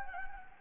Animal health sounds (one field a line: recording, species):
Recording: mosquito wingbeat signal from an infrared sensor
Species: Anopheles gambiae